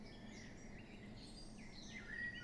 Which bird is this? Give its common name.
Eurasian Blackcap